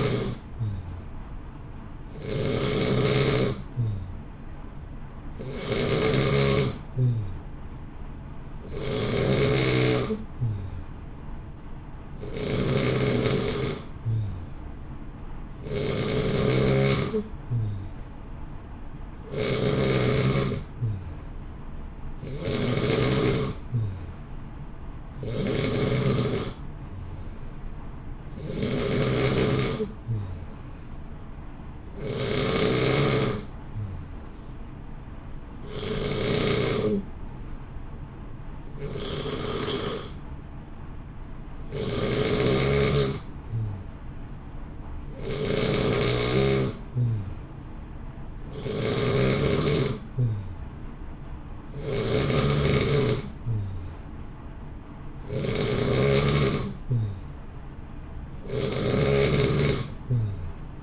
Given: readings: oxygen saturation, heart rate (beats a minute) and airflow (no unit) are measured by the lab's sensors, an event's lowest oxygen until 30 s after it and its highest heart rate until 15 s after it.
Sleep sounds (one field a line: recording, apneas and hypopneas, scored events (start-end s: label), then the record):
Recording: breathing in sleep by a smartphone at the bedside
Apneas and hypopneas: 1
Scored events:
8.00-40.30 s: hypopnea (N2, oxygen 91% highest, then 88% lowest, heart rate 61 at the start, 63 highest)
33.00-60.83 s: new sleep stage, N3 (deep sleep)
From the record:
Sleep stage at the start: N2 (light sleep)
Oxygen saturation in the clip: 90 to 91%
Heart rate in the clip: 59 to 63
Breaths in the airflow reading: 20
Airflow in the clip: -0.7 to 0.8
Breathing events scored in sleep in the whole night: 328 in 6.3 hours asleep